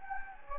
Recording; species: mosquito wingbeat signal from an infrared sensor; Anopheles gambiae